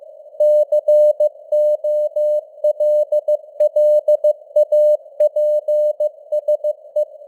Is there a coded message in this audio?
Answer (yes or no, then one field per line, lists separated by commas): yes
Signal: Morse code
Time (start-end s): 0.4-7.0 s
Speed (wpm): 15 wpm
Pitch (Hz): 600 Hz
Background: none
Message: COLLAPSE